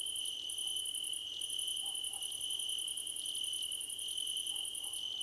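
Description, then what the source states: Cricket chorus with a constant high-pitched trill and rapid very high pulses in long runs, plus a few faint lower chirps mixed in. Crickets in a choir competition.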